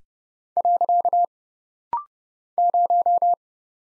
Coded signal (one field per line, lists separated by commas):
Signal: Morse code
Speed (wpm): 30 wpm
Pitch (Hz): 700 Hz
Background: none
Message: . 0